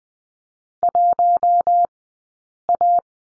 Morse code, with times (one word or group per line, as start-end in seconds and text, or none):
0.8-1.9 1
2.7-3.0 A